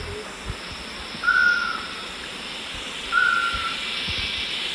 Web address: S America Eastern Lowlands Lipaugus vociferans, call at lek